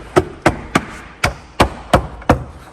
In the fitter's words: Everything's in place. Good to go. If you took this piece out, put it back in, everything snaps back in.